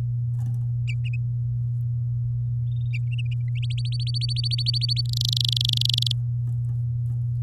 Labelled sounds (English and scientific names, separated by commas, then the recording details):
Domestic Canary (Serinus canaria) song
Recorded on 10 May 2018 at 07:08
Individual llb16